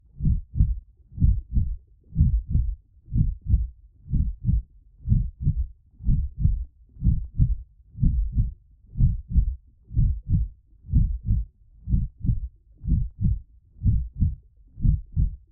Heart Beat Calm Rhythm Blood Flows In The Veins.